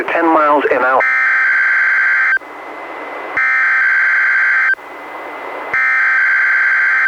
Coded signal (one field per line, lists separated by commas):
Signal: Emergency Alert System (SAME) tones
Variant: header bursts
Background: speech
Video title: EAS #607: NWR Required Weekly Test- Mar. 2, 2022- 11:03AM PST